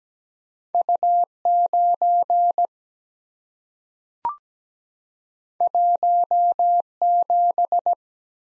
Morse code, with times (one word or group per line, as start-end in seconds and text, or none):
0.7-1.2 U
1.5-2.7 9
5.6-6.8 1
7.0-7.9 7